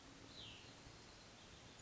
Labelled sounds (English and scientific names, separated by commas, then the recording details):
Cassin's Vireo (Vireo cassinii)
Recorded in Sonoma County, California